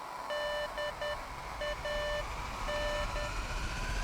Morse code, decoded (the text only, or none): DAN